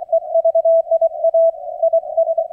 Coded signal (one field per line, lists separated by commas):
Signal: Morse code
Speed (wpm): 24 wpm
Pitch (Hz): 660 Hz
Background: none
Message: EVIA IS